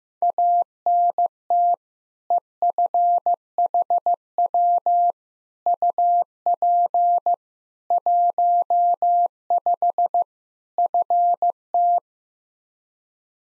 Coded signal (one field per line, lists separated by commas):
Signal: Morse code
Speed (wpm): 15 wpm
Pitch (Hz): 700 Hz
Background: none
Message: ANT EFHW UP 15 FT